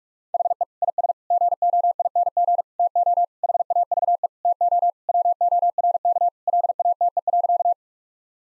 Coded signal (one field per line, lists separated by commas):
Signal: Morse code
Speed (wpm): 46 wpm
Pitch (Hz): 700 Hz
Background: none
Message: HE IS GOING TO HAVE TO WORK LATE.